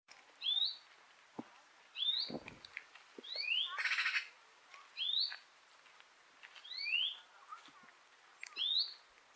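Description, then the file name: European greenfinch giving rising, upslurred whistled calls roughly every one to two seconds, with a brief noisy rustle and a low thump in between. "Chloris chloris"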